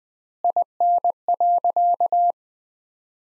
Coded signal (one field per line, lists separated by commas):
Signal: Morse code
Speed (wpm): 21 wpm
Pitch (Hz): 700 Hz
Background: none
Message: IN.